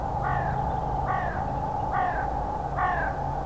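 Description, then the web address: Bird calls: four short, harsh, downward-slurred notes spaced about one second apart, over a loud steady low hum. "Deverinetal 2025 File origin Bird Only"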